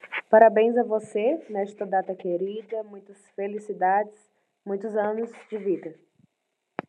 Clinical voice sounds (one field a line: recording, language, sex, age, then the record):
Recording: short text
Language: Brazilian Portuguese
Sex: female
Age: 20 to 29 years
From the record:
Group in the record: control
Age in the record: 26 years